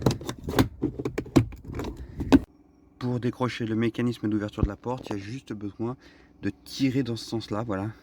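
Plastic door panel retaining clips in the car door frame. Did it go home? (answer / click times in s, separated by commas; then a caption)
released / 1.4 s, 2.3 s. A wooden spoon is used as a long lever, chosen to avoid damaging the plastic and scratching the bodywork, and is worked around the edge of a plastic inner car door panel. Sharp pops at 1.4 s and 2.3 s mark the retaining clips unclipping from the metal door frame, and the panel comes free. Someone then talks over a quieter background.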